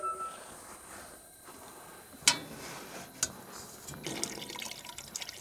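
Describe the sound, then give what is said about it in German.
Exactly 5.1 litres of water pours and trickles steadily into a tank, filling it halfway to a marked line, a soft continuous splashing broken by a few sharp drips and clinks, growing busier toward the end, with no voices. “Und achte auf das Wasser. Du verwendest genau 5,1 Liter. Die Hälfte im Tank.”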